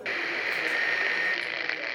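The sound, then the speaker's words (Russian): Radio static hisses steadily as a man holding a headphone to his ear turns the tuning knob, a thin, bright crackling noise at an even level throughout, with faint shifting textures and no voices. “Незванов приложил наушник к уху и принялся крутить ручку настройки.”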